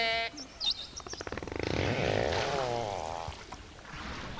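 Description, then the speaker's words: Orca calls: a tonal call, then quick pulsed clicks that speed into a buzzing run and slide into wavering calls. "Vous écoutez des orques et attention un moment il y a des grosses basses qui arrivent."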